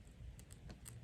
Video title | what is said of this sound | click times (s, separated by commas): Timney Trigger Install / Review Howa 1500 6.5 Creedmoore | click click and good to go | 0.5 s, 0.9 s